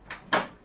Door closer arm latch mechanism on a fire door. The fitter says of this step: you'll hear it latch over